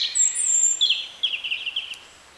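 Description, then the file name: European robin song: high, thin whistles sliding down into a quick, rippling trill that fades away. "Erithacus rubecula"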